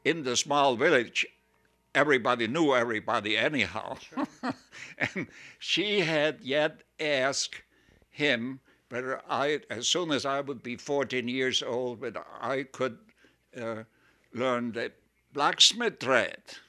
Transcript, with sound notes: in the small village everybody knew everybody anyhow. (he laughs) And she had yet asked him whether I, as I soon as I would be fourteen years old, whether I could learn the blacksmith trade